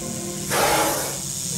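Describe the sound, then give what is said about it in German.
A single sustained, breathy hiss swells up suddenly and holds for about a second before easing off, like a snake rearing up threateningly, with no voices present. “Aber die Schlange hatte ihn längst erblickt. Drohend reckte sie sich vor ihm in die Höhe.”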